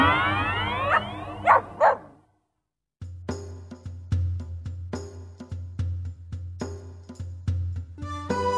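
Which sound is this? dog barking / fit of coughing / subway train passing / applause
dog barking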